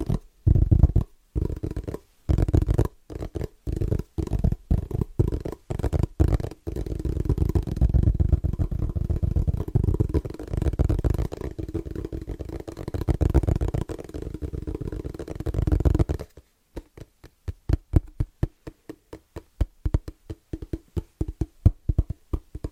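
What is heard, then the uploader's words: Fast rhythmic tapping with a dull, low tone, blurring into a dense rumbling flurry midway before returning to crisp, spaced, quicker taps. ASMR Pure Fast & Rhythmic Tapping (No Talking).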